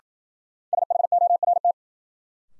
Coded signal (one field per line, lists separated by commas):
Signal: Morse code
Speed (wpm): 55 wpm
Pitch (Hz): 700 Hz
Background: none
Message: SHORT